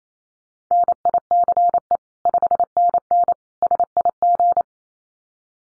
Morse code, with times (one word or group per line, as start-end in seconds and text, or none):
0.7-2.0 NICE
2.3-3.3 5NN
3.6-4.6 SIG